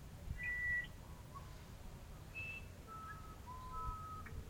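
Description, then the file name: Musician wren singing flute-like whistles, a high held note followed by lower steady tones in a loose, halting series, low background hum throughout. "uirapuru"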